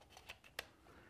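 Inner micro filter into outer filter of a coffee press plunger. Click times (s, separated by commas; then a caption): 0.6 s. The inner micro filter basket of an Espro French press plunger is pushed into the outer filter basket, with two softer taps at about 0.3 and 0.5 seconds. A sharp click at 0.6 seconds marks the inner filter seating into place.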